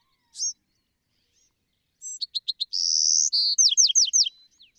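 Bewick's Wren singing: a single high note, a pause, then a few sharp clicks, a buzzy trill, and a run of quick descending whistled notes.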